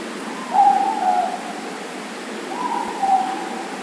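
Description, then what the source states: Morepork hooting twice over a continuous rushing, water-like hiss. Four moreporks calling.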